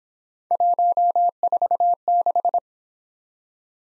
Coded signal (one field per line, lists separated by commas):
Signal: Morse code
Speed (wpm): 27 wpm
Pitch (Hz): 700 Hz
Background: none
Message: 146